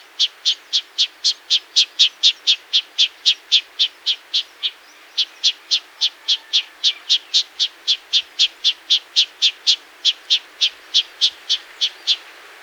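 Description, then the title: Black-crested warbler repeating short, bright, high chips steadily, about four per second, for over twelve seconds with one brief pause. "Myiothlypis Nigrocristata"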